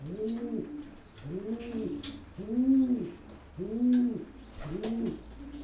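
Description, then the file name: Pigeon cooing in rounded low notes about once a second, with a few faint clicks and taps in the background. "holub"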